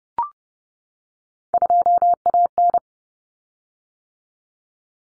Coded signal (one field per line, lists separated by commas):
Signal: Morse code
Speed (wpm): 30 wpm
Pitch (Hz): 700 Hz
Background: none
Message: 2AN